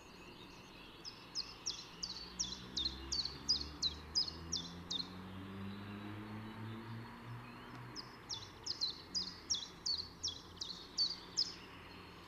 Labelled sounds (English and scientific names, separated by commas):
Common Chiffchaff (Phylloscopus collybita) song